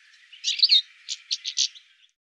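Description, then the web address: Bird call: one buzzy twittering burst followed by a few short rapid chirps, high-pitched and clear against silence. "cianscape birddata"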